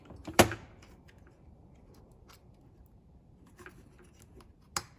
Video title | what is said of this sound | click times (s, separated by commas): Stihl MS200T Clone Build - Part 7 - Clutch, Drum, Covers, AV Mounts | You should be able to feel it snap into place. | 4.8 s